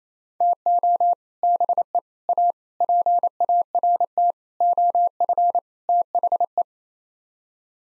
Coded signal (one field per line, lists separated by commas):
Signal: Morse code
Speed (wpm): 28 wpm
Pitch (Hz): 700 Hz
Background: none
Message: TO BE A PART OF THE